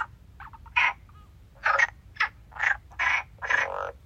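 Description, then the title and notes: Frogs giving rough, rasping croaks, several in quick succession over a low background hum. Frogs singing at the stone bridge of Lagoa de Traba. "Lagoa De Traba Rás. Rás cantando na Lagoa de Traba. Gravación das rás cantando no ponte de pedra da Lagoa de Traba"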